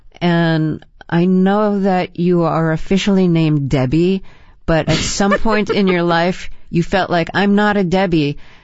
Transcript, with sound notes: And I know that you are officially named Debbie.
(Laughter).
But at some point in your life, you felt like, I'm not a Debbie.